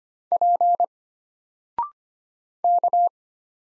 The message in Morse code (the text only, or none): P K